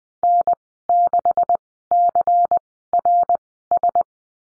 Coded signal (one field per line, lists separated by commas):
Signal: Morse code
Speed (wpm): 19 wpm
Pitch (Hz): 700 Hz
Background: none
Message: N6CRS